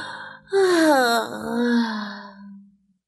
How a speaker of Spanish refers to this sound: Sin darse cuenta, se fue tranquilizando y empezó a bostezar.